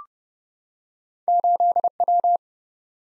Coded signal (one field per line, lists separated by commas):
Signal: Morse code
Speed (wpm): 30 wpm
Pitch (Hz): 700 Hz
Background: none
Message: 8W